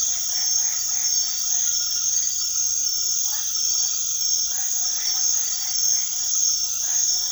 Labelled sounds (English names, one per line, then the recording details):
none
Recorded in secondary vegetation near Puerto Asís, Putumayo, Colombia, on 20 February 2024 at 00:30
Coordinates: 0.500, -76.326
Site G6428